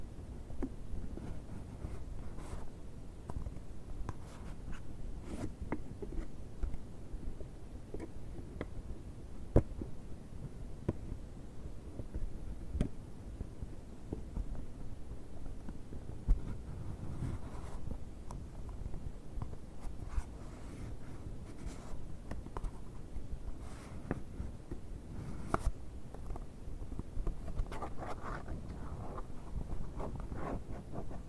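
Scratching and scraping on a box runs without pause for the whole stretch, a dense, low, rough rubbing with frequent small clicks and ticks scattered throughout. A couple of sharper taps stand out near 9 and 16 seconds; otherwise the level stays fairly even.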